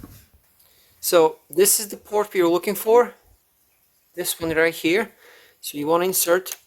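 Someone talks while an Ethernet cable from a diagnostic interface is handled near the diagnostic port of a BMW F10/F11 with an N57 engine, as part of fixing a drivetrain malfunction fault. A faint handling sound occurs around 0.6 s. The clip ends before the cable goes home, so nothing has seated or clicked yet.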